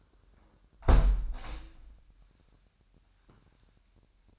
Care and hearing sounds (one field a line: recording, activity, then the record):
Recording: daily activity, microphone in the room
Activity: close window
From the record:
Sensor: 2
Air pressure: 998.0 hPa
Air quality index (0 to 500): 149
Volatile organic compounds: 4 ppm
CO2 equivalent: 1687 ppm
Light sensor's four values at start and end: 9/28/11/11 and 9/29/11/11